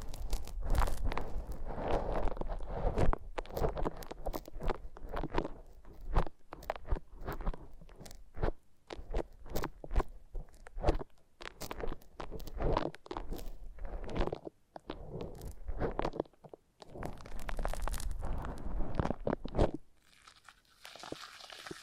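Foam massage: dense, crackly squishing and crunching strokes in rapid irregular bursts, with soft low rubbing underneath and a brief hissy tail.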